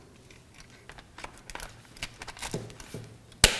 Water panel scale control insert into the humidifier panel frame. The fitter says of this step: that snaps into place